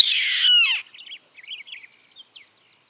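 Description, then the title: Yellow-headed caracara giving one harsh, screeching scream that drops in pitch at the end, followed by faint high chirps over a steady insect drone. "LuckyPassaro Completos2Sama. Yellow-headed Caracara (Milvago chimachima)"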